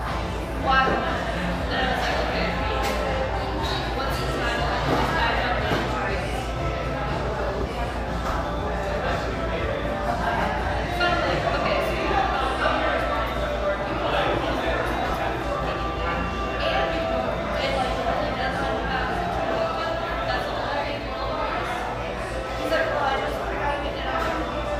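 Bustling café background noise: many voices overlap into a steady murmur of conversation, with no single speaker standing out. Clinks and short bright clatters of dishes pop up every few seconds, and a constant low hum runs underneath throughout.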